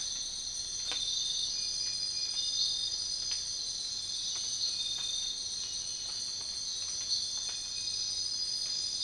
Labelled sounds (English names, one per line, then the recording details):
none
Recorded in dense forest near Puerto Asís, Putumayo, Colombia, on 13 March 2025 at 04:30
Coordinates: 0.500, -76.322
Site GP06